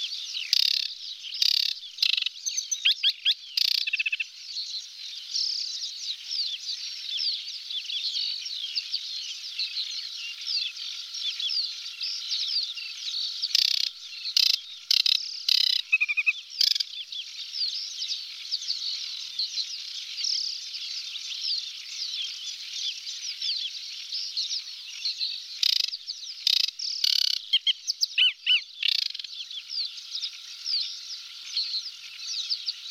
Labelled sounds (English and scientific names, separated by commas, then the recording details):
Aquatic Warbler (Acrocephalus paludicola) song
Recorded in the wild
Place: Nagyivan / Hortobagy Nationalpark, HU
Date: 1990-05-15
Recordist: Schwarz, Dieter